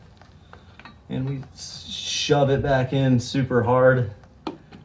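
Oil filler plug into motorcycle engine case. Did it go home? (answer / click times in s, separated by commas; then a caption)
yes / 4.5 s. On a 2021 KTM Adventure R, the oil filler plug is pushed back into the motorcycle engine case after the oil is topped up. Someone talks over a few faint taps, then the plug seats with a sharp click at 4.5 s.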